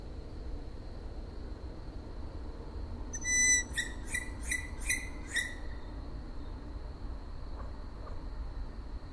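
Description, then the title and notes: Owl calls: one whistled squeak followed at once by a run of five short squeaky notes, fairly soft against a steady hiss. Owls, more than one, recorded at Židlochovice. "Sovy, Židlochovice, natočeno. Sovy v Židlochovicích, nahrál Tomáš Šenkyřík"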